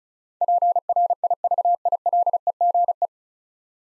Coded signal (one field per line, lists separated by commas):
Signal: Morse code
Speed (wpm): 36 wpm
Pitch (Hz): 700 Hz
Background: none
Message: PRIVILEGE